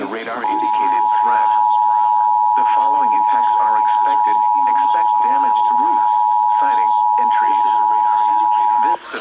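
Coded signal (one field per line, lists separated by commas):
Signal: Emergency Alert System (SAME) tones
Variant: 853 and 960 Hz attention tone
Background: speech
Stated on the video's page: Severe thunderstorm EAS alert.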